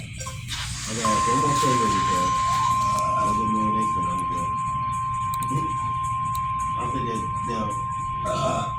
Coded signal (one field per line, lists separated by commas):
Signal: Emergency Alert System (SAME) tones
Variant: 1050 Hz attention tone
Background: speech